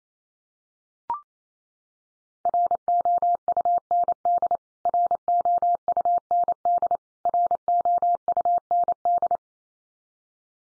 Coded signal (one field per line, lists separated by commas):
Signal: Morse code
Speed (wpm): 28 wpm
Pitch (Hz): 700 Hz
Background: none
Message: ROUND ROUND ROUND